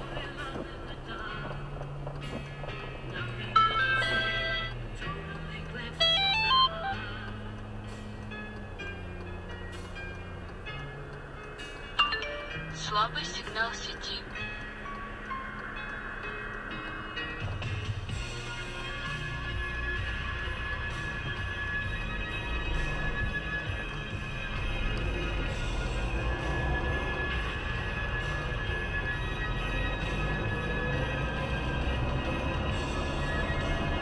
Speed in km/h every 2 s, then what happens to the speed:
0, 0, 0, 0, 0, 0, 0, 0, 0, 0, 0, 0, 4, 12, 18, 25, 31.
0-23 standing. 23-34 pulls away to 31.